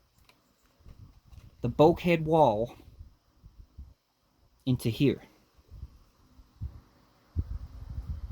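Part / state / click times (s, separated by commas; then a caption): plastic bulkhead wall into model ship deck / not seated / none. A plastic bulkhead wall is lined up in the deck opening of a Hachette Titanic model ship, positioned before being pushed home. Someone talks over soft handling sounds, with small ticks near 0.3 s and 7.4 s. Nothing has snapped or clicked into place yet.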